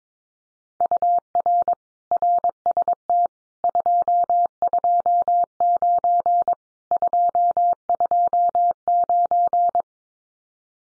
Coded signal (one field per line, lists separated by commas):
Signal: Morse code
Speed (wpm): 22 wpm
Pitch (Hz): 700 Hz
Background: none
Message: UR RST 229 229